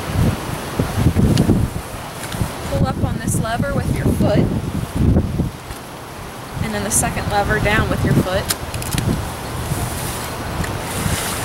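Someone talks while working the fold levers of an umbrella stroller with a metal and plastic frame by foot, pulling one lever up and pressing the second lever down to collapse the frame toward its folding lock. Brief knocks and clatter come through around 1.4 s and 8.7–9.0 s over steady outdoor noise. The folding lock has not yet snapped shut; nothing has seated or clicked by the end of the clip.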